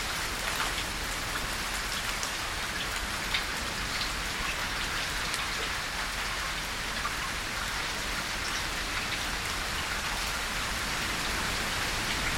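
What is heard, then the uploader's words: Steady, dense rain drums on an old barn roof from within, a constant bright patter with scattered sharper drips and no pauses. Rain on the Barn. The tranquil ambiance inside an old barn, as a rainstorm rolls through the countryside.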